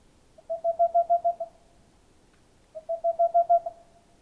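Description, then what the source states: Boreal owl song, two rapid bursts of about seven soft hollow hoots each, swelling then fading, separated by a brief pause in a quiet night. Male singing near a nest hole in a tall dead tree in the middle of a forest, Haut-Diois, France, 15 April 2020; recorded on Nagra LB with stereo omni microphones.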